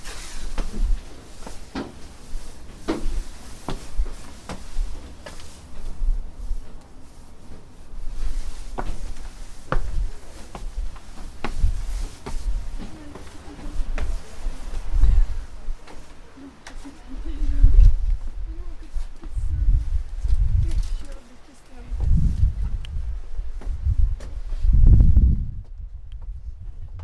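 A walk through Prague from the Castle toward Charles Bridge, with a steady low rumble of outdoor ambience and scattered sharp clicks and taps throughout. Murmured voices rise and fall, growing louder in swells between about 17 and 26 seconds before the sound thins out at the end.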